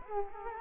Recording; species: mosquito wingbeat signal from an infrared sensor; Culex quinquefasciatus